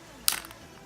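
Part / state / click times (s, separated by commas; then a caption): folding leg of a mini tripod / released / 0.3 s. A folded leg of a small FOTOPRO MS 4K phone or camera tripod is pried apart and snaps open with one sharp, bright click at 0.3 s, followed by two faint ticks near 0.5 s. The leg is released open.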